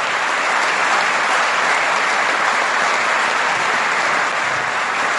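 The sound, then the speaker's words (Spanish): Sustained, dense audience applause during Wainfeld's talk at the UNS fills the whole stretch at a steady loud level, a continuous wash of many hands clapping without pause or voices rising above it. “Negociemos que es el último aplauso que les permito.”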